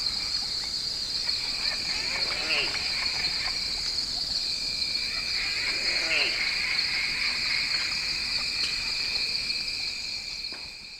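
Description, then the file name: Squirrel glider: two soft calls a few seconds apart, over a persistent high insect drone and a second steady insect tone. Recorded at Twelve Mile Camp at night, 3 September 2018. "Glider Squirrel SD 561 Twelve Mile Camp One Night 2 a 3 rd Sep 18"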